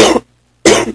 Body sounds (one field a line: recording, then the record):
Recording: coughing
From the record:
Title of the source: 61 morning phlegmy cough...again